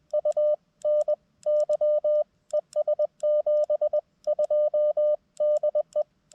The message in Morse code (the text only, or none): UNY ES 72 DE